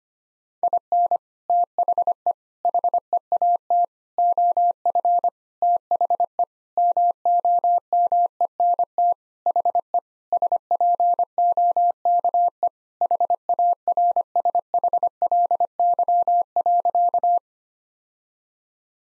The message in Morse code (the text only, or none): IN THE HEAT OF THE MOMENT HE SPOKE HARSHLY.